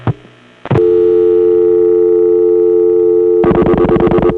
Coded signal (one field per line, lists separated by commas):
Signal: telephone call progress tone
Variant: North America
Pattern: dial tone